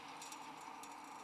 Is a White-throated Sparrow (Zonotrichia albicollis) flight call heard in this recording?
no